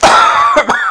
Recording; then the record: coughing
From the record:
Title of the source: Heavy cold and sore throat coughing.